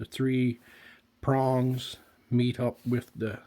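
The three-prong attachment of a Dremel 3-in-1 measuring tool is being handled and brought against a wooden block while someone talks throughout. Nothing has seated or clicked yet; the attachment is not yet home when the clip ends.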